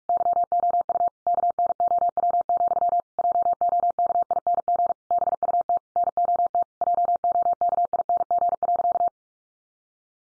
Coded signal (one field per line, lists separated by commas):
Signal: Morse code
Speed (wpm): 44 wpm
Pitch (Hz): 700 Hz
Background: none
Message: YOU KNOW, JOKING BUT NOT JOKING.